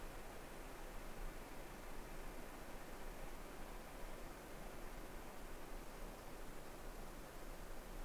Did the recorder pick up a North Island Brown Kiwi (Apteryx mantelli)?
no